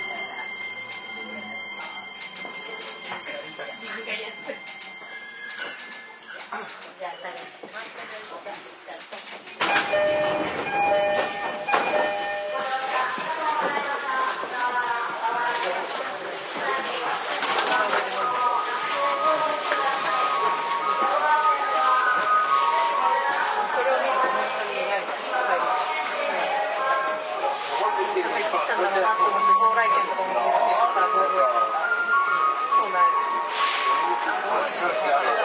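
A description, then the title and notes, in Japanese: A JR 231 series train on the Ito to Yokohama line. Quiet steady tones fill the first ten seconds, then a sudden louder rumble starts and a rising, stepping motor whine climbs as the train speeds up, holding steady through the end. JRE231系 伊東〜横浜。区間は伊東線→東海道線です。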